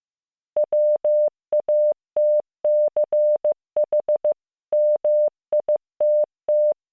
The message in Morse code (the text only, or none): WATCH MITT